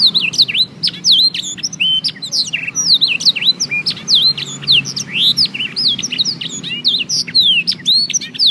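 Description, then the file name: Canary in sustained song: lively stream of bright, slurred whistles dipping and rising, mixed with rapid twitters, running continuously for about eight seconds, quiet hum behind. Canary named Obelix Jr, 'full blackthroat': tutored on black-throated canary song. "kenari new obelix jr full blackthroat omkicau"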